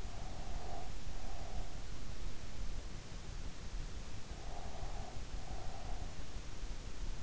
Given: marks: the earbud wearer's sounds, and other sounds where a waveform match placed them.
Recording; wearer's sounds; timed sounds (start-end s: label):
sounds in sleep by an in-ear microphone; breath
0.00-2.04 s: breath
4.27-6.31 s: breath